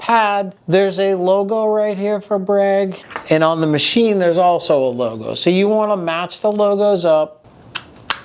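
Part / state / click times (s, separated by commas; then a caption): compression pad hose connector into cold therapy unit port / seated / 7.8 s, 8.1 s. Someone talks while lining up the Breg logo on a Breg Polar Care Wave cold compression pad's tubing connector with the logo on the cold therapy unit's port. The connector is then pushed into the port, and sharp clicks are heard at 7.8 s and 8.1 s. The pad connector is seated and ready to begin treatment.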